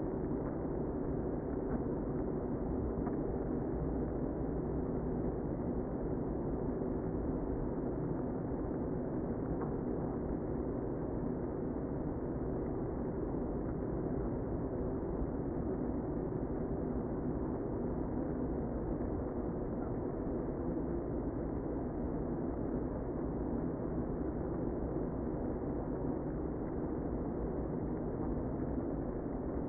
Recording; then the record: honeybee colony, microphone inside the hive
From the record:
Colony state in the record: queen present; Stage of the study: before two queens were removed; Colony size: about 60,000 bees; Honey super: yes